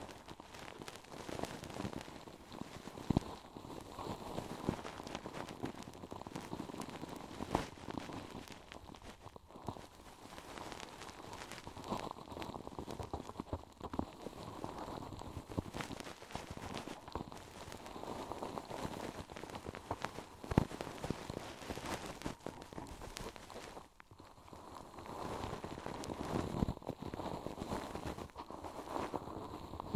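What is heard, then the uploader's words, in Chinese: Ear cleaning sounds: a dense, continuous crackling and rustling, much like rain pattering on a surface, mostly in the low and middle range. Sharper clicks stand out now and then, near 3, 7, and 20 seconds, and the texture briefly thins around 24 seconds. 一次纯粹清洁耳朵的体验。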